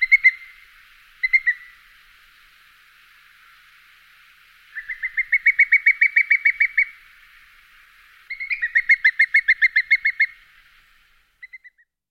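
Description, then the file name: Booted eagle giving short chirps, then two rapid rattling series of sharp, high, evenly spaced notes, each lasting about two seconds, with a few faint notes at the end. "hieraaetus pennatus"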